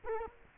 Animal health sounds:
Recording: mosquito wingbeat signal from an infrared sensor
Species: Culex quinquefasciatus

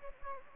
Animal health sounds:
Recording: mosquito wingbeat signal from an infrared sensor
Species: Anopheles gambiae

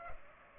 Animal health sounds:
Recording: mosquito wingbeat signal from an infrared sensor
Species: Culex pipiens

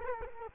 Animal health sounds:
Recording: mosquito wingbeat signal from an infrared sensor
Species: Culex quinquefasciatus

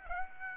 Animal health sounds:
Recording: mosquito wingbeat signal from an infrared sensor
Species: Aedes aegypti

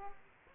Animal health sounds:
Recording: mosquito wingbeat signal from an infrared sensor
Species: Aedes aegypti

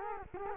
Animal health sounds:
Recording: mosquito wingbeat signal from an infrared sensor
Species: Culex quinquefasciatus

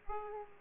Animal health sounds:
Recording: mosquito wingbeat signal from an infrared sensor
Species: Aedes aegypti

